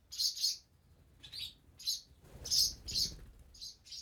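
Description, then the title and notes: Swallow nestlings begging with sharp, high-pitched hissing chirps in quick clusters, some overlapping, over a low rumbling background. Nestlings moving in their nest in a nearby cellar, parents coming to feed them; Chaussenans, France; excerpt of a long recording, 96/32, MixPre-6 II, DPA 4022 ORTF in Cinela Albert. "BB HIRONDELLES CAVE, 39800 Chaussenans, France - BÉBÉ HIRONDELLES NID DANS LA CAVE. NID D'HIRONDELLES DANS LA CAVE EN PROXIMITÉ. Les Bébé bougent dans leur nid et leur parents viennent les nourrir"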